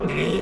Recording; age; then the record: pig call; piglet (1 to 25 days)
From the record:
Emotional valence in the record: negative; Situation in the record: crushing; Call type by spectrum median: low-frequency call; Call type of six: low-frequency tonal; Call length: 0.41 s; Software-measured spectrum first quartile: 305 Hz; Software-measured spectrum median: 565 Hz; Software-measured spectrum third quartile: 2062 Hz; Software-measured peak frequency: 399 Hz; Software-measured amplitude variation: 102 dB a second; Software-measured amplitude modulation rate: 24.1 a second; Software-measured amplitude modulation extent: 4.3 dB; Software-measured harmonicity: 3.1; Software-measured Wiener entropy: -2.00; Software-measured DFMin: 878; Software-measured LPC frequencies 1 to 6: 407, 1159, 2142, 2493, 3071, 3639 Hz